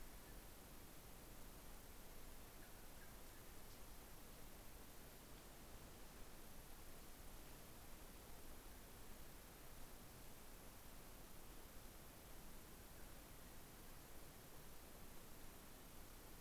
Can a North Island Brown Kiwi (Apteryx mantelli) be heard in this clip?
no